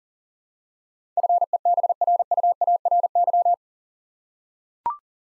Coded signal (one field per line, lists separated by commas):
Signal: Morse code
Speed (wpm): 37 wpm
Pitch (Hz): 700 Hz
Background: none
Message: FEBRUARY